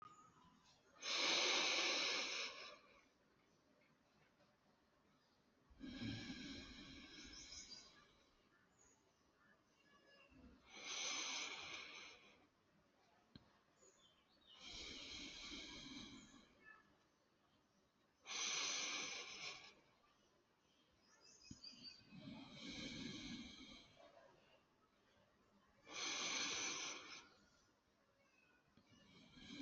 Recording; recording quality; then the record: deep breathing; excellent, no background noise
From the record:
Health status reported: healthy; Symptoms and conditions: diabetes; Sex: male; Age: 40 years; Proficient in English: yes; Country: India